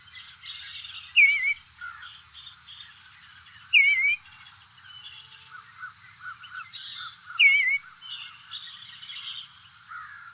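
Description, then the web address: Eastern bluebird giving three brief, slurred warbled notes a few seconds apart, over soft chatter of other birds. "Songs of Birds of North America Know Your Bird Sounds. Eastern Bluebird"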